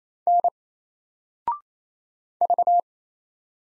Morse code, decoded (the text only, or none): N V